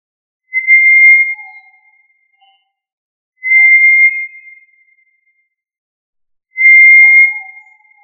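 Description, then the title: Tinamou whistles: three level, pure notes about a second long, each fading slightly, spaced roughly three seconds apart over quiet. "Familia Tinamidae - Quail - Puyuh"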